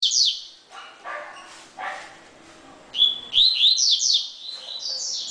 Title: Canto Coleiro